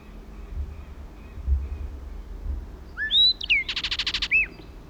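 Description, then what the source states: Blackbird song: a few clear slurred whistled notes, then a fast buzzy rattling series, over a low steady rumble. A second blackbird joined the first.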